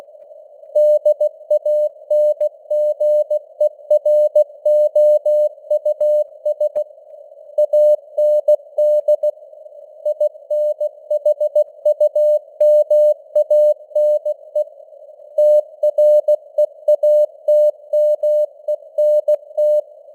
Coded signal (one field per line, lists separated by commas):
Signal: Morse code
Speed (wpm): 16 wpm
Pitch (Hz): 600 Hz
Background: none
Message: DANGEROUS AND INHUMANE TREATMENT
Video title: Morse Code News | 2025-12-16 | 16wpm